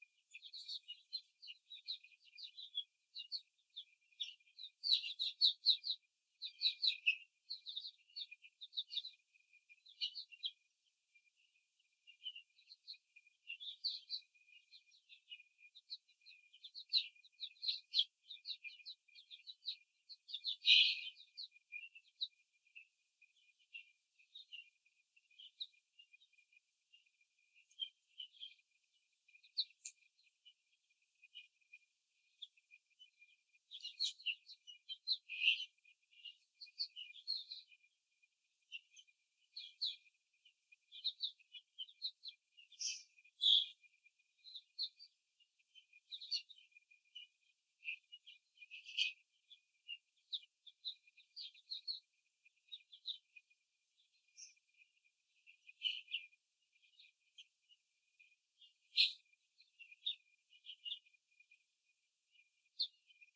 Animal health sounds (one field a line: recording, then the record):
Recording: young laying hens in a cage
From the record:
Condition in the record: before the stressor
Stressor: simulated dog barking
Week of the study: 3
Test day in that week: 2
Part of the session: 2